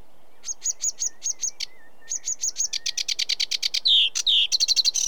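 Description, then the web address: Sedge warbler song: a fast, varied chatter of repeated buzzy notes, scratchy trills and a few sweet whistles, picking up pace toward the end. In Britain. "The BBC Sound Effects Library - Complete 60 CDs Collection Sound Effects Library-12 (British Birds) 16 Sedge Warbler"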